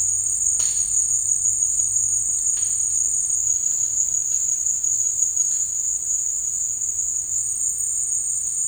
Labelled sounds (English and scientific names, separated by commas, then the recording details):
none
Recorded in dense forest near Puerto Asís, Putumayo, Colombia, on 13 March 2025 at 16:30
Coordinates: 0.485, -76.318
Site G056